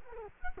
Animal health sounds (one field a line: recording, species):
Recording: mosquito wingbeat signal from an infrared sensor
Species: Culex quinquefasciatus